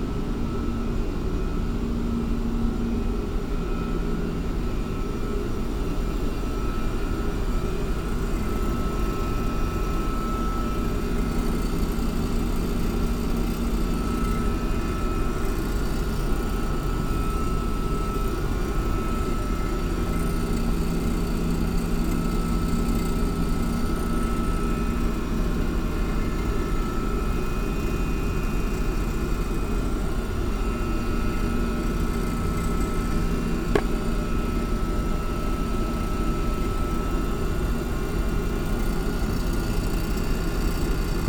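A steady mechanical drone fills the basement space, heavy and low, with a constant hum running underneath and a thin, steady whine above it. The sound holds level for the whole stretch, a dense machine rumble with faint rattling vibration and no pauses.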